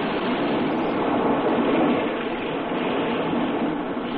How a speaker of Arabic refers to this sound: ولا ممكن يكون في بحر اونلاين اقف كده قصاد شاشة البيت واسمع صوت الموج؟ طب يعني ارجوك يا وسام اسمع انا ودكتور سعيد وكل المستمعين صوت الموج مره اخرى